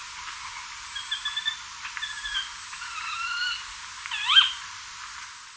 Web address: Natures Songs S America Birds of Ecuador Greater Scythebill